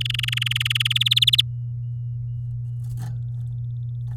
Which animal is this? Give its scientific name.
Serinus canaria